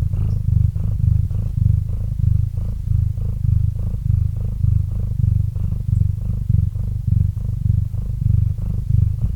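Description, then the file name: Cat purr, a deep rumble pulsing in in-and-out breath cycles, steady throughout. Domestic cat named Murchik purring into a microphone. "Kot Murchik - Murchanie kota kot murchal v mikrofon"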